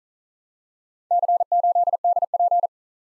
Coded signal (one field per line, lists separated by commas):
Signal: Morse code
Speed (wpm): 41 wpm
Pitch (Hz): 700 Hz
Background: none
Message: C8DP